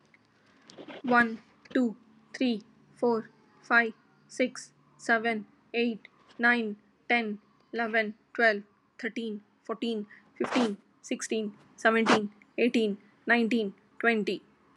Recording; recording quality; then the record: counting at a normal pace; excellent, no background noise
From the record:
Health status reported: exposed to COVID-19, no respiratory illness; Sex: female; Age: 38 years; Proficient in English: yes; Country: India